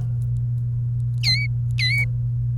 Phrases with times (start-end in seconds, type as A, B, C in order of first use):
1.23-1.46 A, 1.79-2.04 A